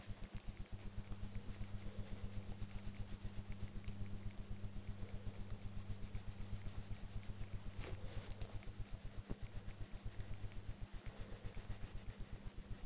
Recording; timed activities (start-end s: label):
household activities, microphone on the right wrist
0.00-12.85 s: drawing